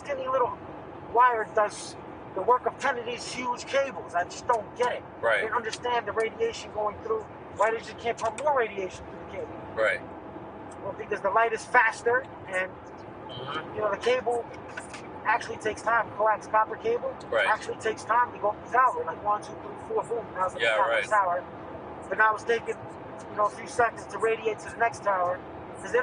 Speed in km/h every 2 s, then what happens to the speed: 100, 100, 100, 100, 100, 98, 98, 100, 101, 101, 101, 101, 101.
0-26 steady at about 100.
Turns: none.